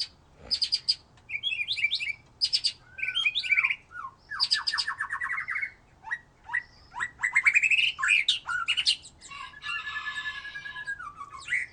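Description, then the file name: White-rumped shama delivering varied phrases: short stacked clicks, warbled whistles, a rapid rattle of notes and a scratchy buzzing burst near the end. "murai batu"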